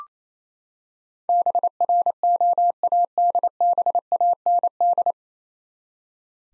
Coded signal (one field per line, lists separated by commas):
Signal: Morse code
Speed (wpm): 28 wpm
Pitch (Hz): 700 Hz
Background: none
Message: BROADBAND